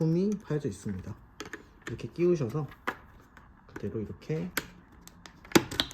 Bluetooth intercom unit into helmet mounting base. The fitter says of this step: 내려주시면 딸깍하는 소리가 나실 거예요